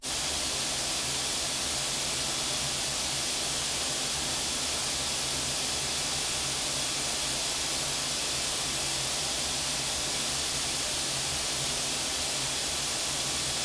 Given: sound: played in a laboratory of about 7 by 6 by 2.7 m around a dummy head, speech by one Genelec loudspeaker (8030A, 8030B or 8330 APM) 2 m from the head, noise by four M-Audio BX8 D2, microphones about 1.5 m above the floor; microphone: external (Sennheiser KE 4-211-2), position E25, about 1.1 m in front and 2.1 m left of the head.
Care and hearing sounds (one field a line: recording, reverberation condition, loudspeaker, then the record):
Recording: white noise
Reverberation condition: medium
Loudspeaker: four, about 170 cm from the corners of the room and facing them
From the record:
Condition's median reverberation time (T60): about 510 ms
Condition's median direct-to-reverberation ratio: about -0.5 dB